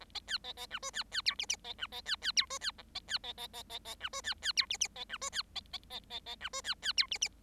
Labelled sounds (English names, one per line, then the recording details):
Bengalese Finch song
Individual Bird7